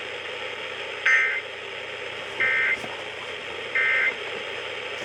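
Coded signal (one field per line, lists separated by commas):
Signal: Emergency Alert System (SAME) tones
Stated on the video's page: Monthly and weekly tests received on NOAA weather radios and a broadcast station.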